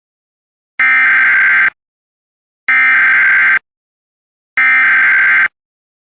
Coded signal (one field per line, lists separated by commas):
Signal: Emergency Alert System (SAME) tones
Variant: header bursts